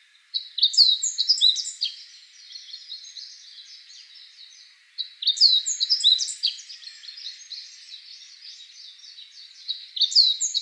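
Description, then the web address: Meadow bunting song: quick, varied phrase of sharp high twittering notes, delivered twice about five seconds apart, with a third phrase beginning at the end. Recorded 15 April 2014. "birdenaga hojiro S 140415"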